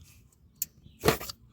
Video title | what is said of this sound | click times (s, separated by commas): Honda Pilot S-VCM controller install. | listen for the click once you got that plugged in we got to fasten the wire but not | 0.6 s